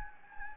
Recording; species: mosquito wingbeat signal from an infrared sensor; Anopheles gambiae